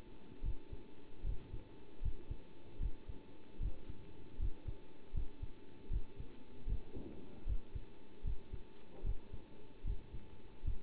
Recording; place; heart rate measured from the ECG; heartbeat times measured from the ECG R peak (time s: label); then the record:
heart sounds by stethoscope; between the tricuspid and mitral areas; 76 bpm
0.43 s: heartbeat
1.24 s: heartbeat
2.02 s: heartbeat
2.80 s: heartbeat
3.60 s: heartbeat
4.39 s: heartbeat
5.14 s: heartbeat
5.90 s: heartbeat
6.67 s: heartbeat
7.46 s: heartbeat
8.24 s: heartbeat
9.04 s: heartbeat
9.84 s: heartbeat
10.64 s: heartbeat
From the record:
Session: bicycle stress test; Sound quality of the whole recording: good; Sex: male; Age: 27 years